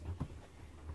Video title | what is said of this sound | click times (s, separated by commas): Simple Pre-Trip Inspection of a school bus CDL....CA | backwards and lock in place from | 0.2 s